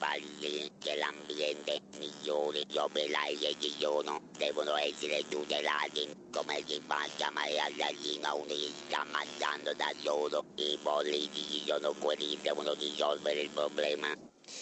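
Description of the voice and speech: A 35-year-old man, a former steelworker, speaks fluent, intelligible Italian over a phone line in a steady, buzzing, mechanical voice with an almost unchanging pitch and little natural melody. This is electrolarynx speech: an external vibrating device replaces the voice lost to cancer. He had a tongue tumour in 2008, then in 2011 an oesophageal tumour that spread to the larynx.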